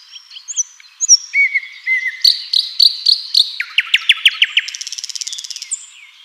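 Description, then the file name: Common nightingale singing: soft whistled openings, a flat low whistle, then rapid repeated notes accelerating into a buzzy rattle and a final high note. "Luscinia megarhynchos"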